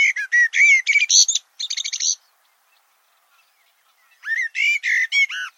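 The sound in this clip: Rapid bird song of bright chirps and whistled slurs in two bursts, with about two seconds of quiet between them.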